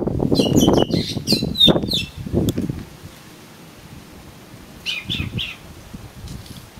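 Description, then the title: Oriental magpie-robin pouring out a quick burst of high whistled and chirped notes over loud wing-flapping and rustling, then a brief softer phrase after a pause. "Kacer Kacer"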